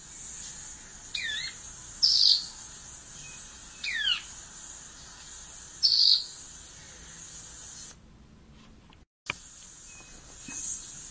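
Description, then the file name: Violaceous euphonia giving falling slurred whistles and short bright chatters, several phrases, then a brief dropout in the sound before a final faint note; steady hiss outside the dropout. "canto do guriata"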